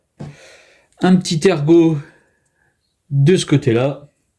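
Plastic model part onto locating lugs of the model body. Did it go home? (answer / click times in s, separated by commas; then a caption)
no / none. A plastic part of a scale model is being handled and lined up with the small locating lugs on the model body. Someone talks throughout, with a faint short sound near the start and a pause in the middle. Nothing has seated or clicked yet.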